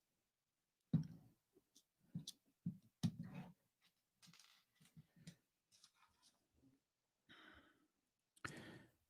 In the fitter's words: satisfying little clicks